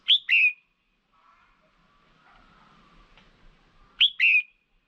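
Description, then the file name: Red-whiskered bulbul call, a clear paired chirp with a higher first note, heard twice about four seconds apart, soft background noise in the gap. Female bird. "Tieng chao mao mai"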